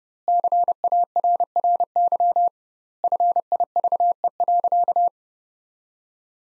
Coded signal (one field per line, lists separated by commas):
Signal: Morse code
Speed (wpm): 32 wpm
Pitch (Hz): 700 Hz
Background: none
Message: CARRY FIVE.